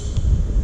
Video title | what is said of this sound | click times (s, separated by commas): 2019 Rolls Royce Cullinan is a $450,000 Off-Road Luxury SUV!! | slide it back in till it clicks and | 0.2 s